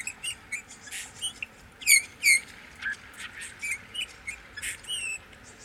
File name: Pyrrhula pyrrhula